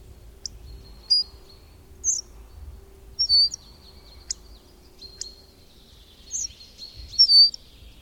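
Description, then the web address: Bird, sparse sharp chirps and short twitters spread over several seconds, with a faint steady low hum throughout. "madarak enek"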